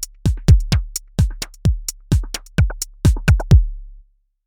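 Steady, fast run of deep thumping adult heartbeats, about 128 a minute, each a low lub-dub.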